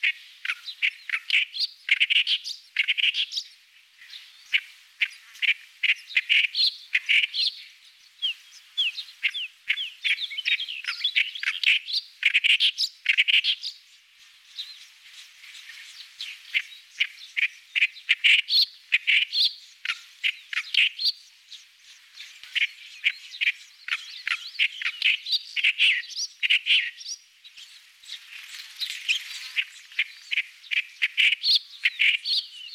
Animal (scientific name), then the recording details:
Acrocephalus stentoreus. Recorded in the wild. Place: Kurtlisee, TM. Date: 2001-05-14. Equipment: MiniDisc Sharp MT 20 H. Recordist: Schwarz, Dieter